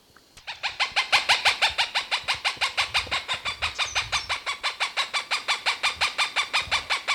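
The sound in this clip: Cooper's Hawk call: a rapid, even series of harsh, clipped kek notes, continuing without a break for over six seconds.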